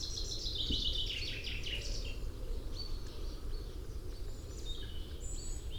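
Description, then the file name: Common chaffinch calls and short chirps, a descending burst of notes at the start and scattered high notes later, over a steady low rumble of background noise. "Fringilla coelebs"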